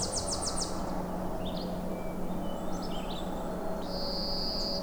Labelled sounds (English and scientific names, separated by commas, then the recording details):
Red-eyed Vireo (Vireo olivaceus) song
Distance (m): 85 m
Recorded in boreal forest in Alberta, Canada, on 26 May 2016 at 07:05
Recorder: SongMeter 3, array SBT-3-15
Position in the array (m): 124 m, 92 m